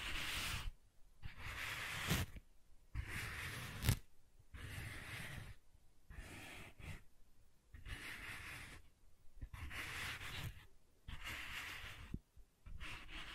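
Soft tracing strokes drag across a surface in repeated passes, each lasting about a second or two and separated by brief silences. The rubbing is an airy hiss with a low rumble underneath, a few sharper ticks marking the start or end of strokes.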